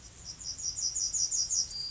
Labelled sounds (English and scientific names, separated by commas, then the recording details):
Yellowhammer (Emberiza citrinella) song
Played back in grassland
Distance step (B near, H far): D
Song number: 045